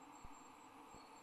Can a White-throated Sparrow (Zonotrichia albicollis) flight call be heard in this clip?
no